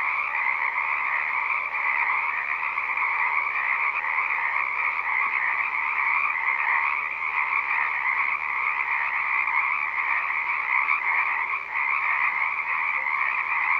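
Frog chorus: a dense, unbroken trilling din, holding steady at the same level from start to finish.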